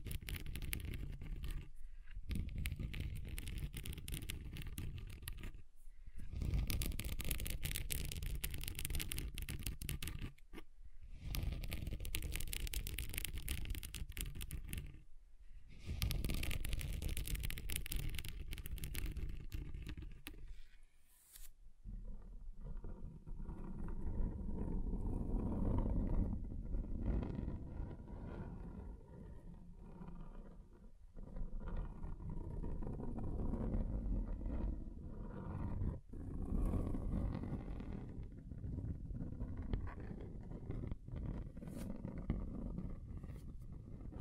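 Scratching across a table's surface, a dense, rough scraping that runs nearly without pause. For the first 21 seconds it is brighter and harsher, broken by short silent gaps around 2, 6, 10, 15 and 20 seconds; afterward it turns duller and lower, a steadier grinding rasp.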